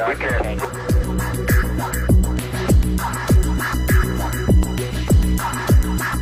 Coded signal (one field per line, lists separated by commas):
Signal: Quindar tones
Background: speech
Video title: Beep Beep Beep - NASAs recognition of objects entering and exiting frames Quindar Tones Moon TV